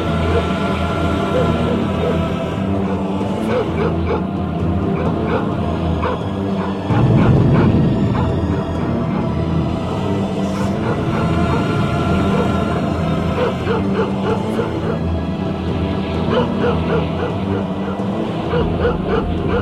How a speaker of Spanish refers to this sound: ¡En este maldito planeta infestado de ladridos!